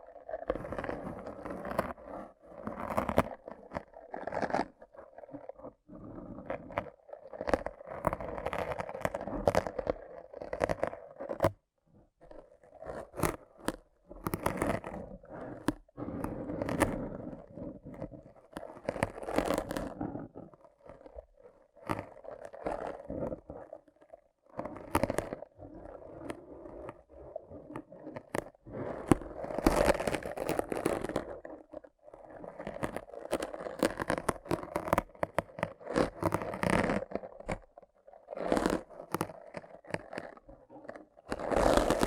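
Rough scraping, picking and tearing sounds of brain cleaning, wet and crunchy, coming in irregular bursts with brief gaps. A steady midrange scraping tone runs through most bursts, with sharper crackles and crunches scattered throughout and short silences near 11, 24 and 32 seconds.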